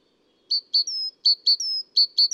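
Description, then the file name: Great tit singing three quick phrases, each two bright short notes followed by a longer, slightly falling whistle, the last whistle cut short at the end, clean and even in rhythm. Adult male. "gtit-major-1-AD-M-S-IND 01 d bb felgentreu"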